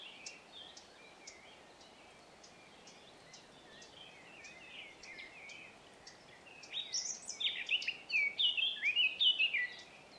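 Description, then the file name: Eurasian blackcap: faint rhythmic ticking and soft twitters at first, then the blackcap breaks into a loud, rich, fluty phrase near the end. "Sylvia atricapilla"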